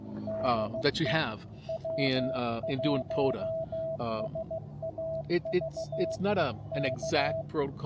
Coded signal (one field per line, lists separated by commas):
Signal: Morse code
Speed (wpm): 15 wpm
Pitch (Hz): 660 Hz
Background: speech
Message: DE W1SAV EK